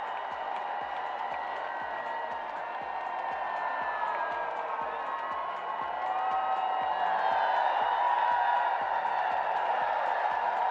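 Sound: audience applause and cheering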